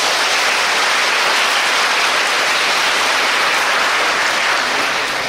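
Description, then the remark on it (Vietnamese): A large audience at a Buddhist nun's dharma talk claps steadily and loudly for several seconds, a dense, even wash of hand claps with no voices standing out, fading slightly at the end. “Xin một tràng pháo tay thật lớn.”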